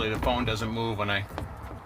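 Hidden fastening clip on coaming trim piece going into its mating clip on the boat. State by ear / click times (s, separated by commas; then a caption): not seated / none. A boat coaming trim piece is held in place over its hidden BeauClip fasteners, ready to be knocked down into the mating clips on the boat. Someone talks throughout, with faint handling noise near the end. Nothing has seated or clicked yet.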